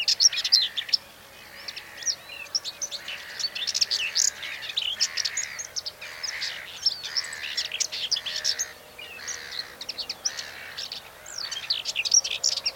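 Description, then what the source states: Common whitethroat song: short scratchy, chattering warbled phrases, repeated with brief pauses. Song recorded on 8 June 2020.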